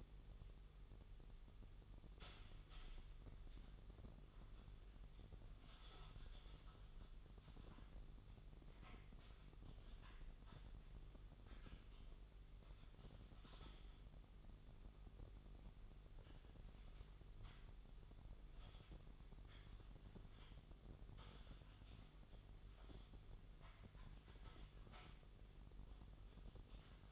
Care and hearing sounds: daily activity, microphone in the room; typing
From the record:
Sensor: 4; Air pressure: 989.6 hPa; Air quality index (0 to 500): 226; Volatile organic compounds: 87 ppm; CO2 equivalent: 3660 ppm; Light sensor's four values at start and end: 26/91/33/35 and 26/91/33/35

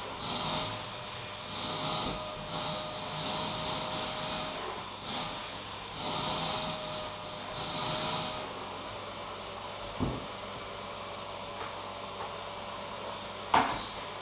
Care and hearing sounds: daily activity, microphone in the room; vacuum cleaning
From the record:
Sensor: 1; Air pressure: 1009.6 hPa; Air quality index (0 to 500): 194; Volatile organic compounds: 19 ppm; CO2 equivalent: 2653 ppm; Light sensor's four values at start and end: 30/76/32/38 and 30/76/32/38

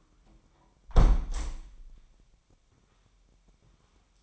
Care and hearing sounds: daily activity, microphone in the room; close window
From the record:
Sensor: 1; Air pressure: 998.1 hPa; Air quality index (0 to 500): 140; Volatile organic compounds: 4 ppm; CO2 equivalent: 1672 ppm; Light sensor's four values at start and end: 16/53/21/21 and 16/53/21/21

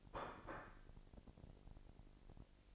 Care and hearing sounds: daily activity, microphone in the room; place plate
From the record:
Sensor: 5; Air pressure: 1007.6 hPa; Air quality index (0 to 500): 89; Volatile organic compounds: 1 ppm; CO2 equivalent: 705 ppm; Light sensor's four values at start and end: 35/83/34/35 and 35/83/34/35

